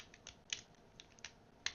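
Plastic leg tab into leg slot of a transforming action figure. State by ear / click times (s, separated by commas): seated / 0.5 s, 1.7 s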